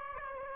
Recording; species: mosquito wingbeat signal from an infrared sensor; Aedes aegypti